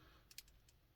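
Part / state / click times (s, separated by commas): hinged plastic panel of the action figure into the body recess / seated / 0.4 s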